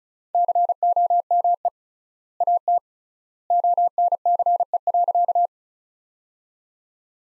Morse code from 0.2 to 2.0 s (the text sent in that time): COME